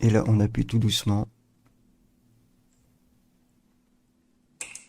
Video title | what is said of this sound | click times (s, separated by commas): Montage Une Carte Graphique 3060 Gigabytes | et voilà comme vous avez pu l'entendre et encore une fois on entendu le petit clips comme | 4.6 s